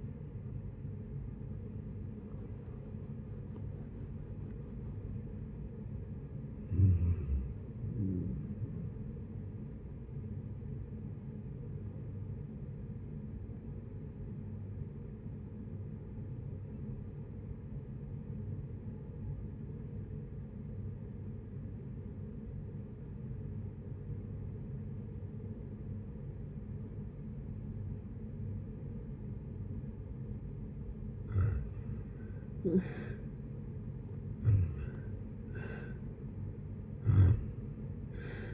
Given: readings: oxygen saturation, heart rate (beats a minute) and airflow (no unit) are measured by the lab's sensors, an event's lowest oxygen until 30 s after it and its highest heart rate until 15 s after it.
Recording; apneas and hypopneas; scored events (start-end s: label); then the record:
breathing in sleep by a smartphone at the bedside; 1
9.00-38.54 s: new sleep stage, N1 (lightest sleep)
14.00-31.10 s: obstructive apnea (N1, oxygen 98% highest, then 82% lowest, heart rate 65 at the start, 74 highest)
From the record:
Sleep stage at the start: N2 (light sleep); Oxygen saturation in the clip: 83 to 98%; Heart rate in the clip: 60 to 79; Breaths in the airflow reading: 6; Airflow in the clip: -9.5 to 16.4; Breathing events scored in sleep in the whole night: 496 in 5.4 hours asleep